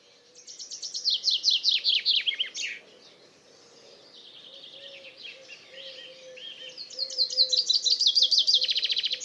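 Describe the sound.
Common chaffinch song: a bright descending trill of rapid notes ending in a flourish, heard twice, with quieter bird song between and a steady low hum.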